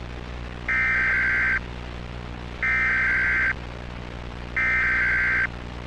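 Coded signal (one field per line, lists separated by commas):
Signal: Emergency Alert System (SAME) tones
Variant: header bursts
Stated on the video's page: Fictional EAS scenario depicting a hijacked national EAS test.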